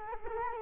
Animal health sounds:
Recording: mosquito wingbeat signal from an infrared sensor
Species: Culex quinquefasciatus

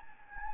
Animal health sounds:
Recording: mosquito wingbeat signal from an infrared sensor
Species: Anopheles gambiae

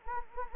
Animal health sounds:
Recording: mosquito wingbeat signal from an infrared sensor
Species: Anopheles gambiae

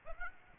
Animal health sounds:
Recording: mosquito wingbeat signal from an infrared sensor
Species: Aedes aegypti

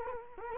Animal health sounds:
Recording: mosquito wingbeat signal from an infrared sensor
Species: Culex quinquefasciatus

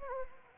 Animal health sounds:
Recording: mosquito wingbeat signal from an infrared sensor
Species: Anopheles gambiae

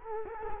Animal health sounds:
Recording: mosquito wingbeat signal from an infrared sensor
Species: Culex quinquefasciatus

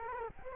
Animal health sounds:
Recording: mosquito wingbeat signal from an infrared sensor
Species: Culex quinquefasciatus

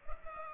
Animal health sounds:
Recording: mosquito wingbeat signal from an infrared sensor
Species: Culex pipiens

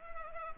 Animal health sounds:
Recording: mosquito wingbeat signal from an infrared sensor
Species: Culex pipiens

